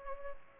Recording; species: mosquito wingbeat signal from an infrared sensor; Culex pipiens